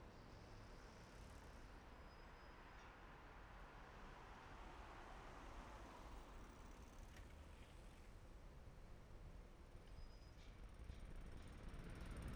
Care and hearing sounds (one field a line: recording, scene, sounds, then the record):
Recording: everyday scene through a hearing-aid microphone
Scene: in traffic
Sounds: traffic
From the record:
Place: main city hub, rush hour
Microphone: behind the ear, left, rear